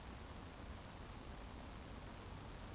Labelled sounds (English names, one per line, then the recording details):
Eurasian Woodcock whistle
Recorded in Baden-Württemberg, Germany, on 25 June 2020 at 20:23 UTC
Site 14569, 102 m above sea level